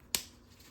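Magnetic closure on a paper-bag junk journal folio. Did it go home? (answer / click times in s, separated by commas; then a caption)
yes / 0.1 s. A flap on a paper-bag junk journal folio is closed so the small magnets in its closure meet. A single sharp snap sounds at 0.2 s against a quiet background. The magnetic closure snaps shut and is seated.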